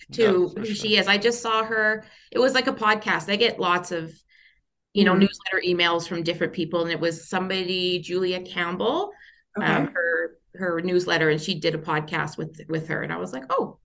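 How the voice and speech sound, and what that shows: An adult woman speaks fluently and conversationally in a quiet room, with a clear voice, ordinary rhythm and a few brief pauses.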